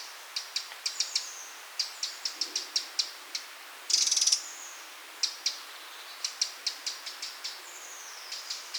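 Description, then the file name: Eurasian wren with rapid, high ticking notes in clusters and one short harsh rattle midway through. "Troglodytes troglodytes"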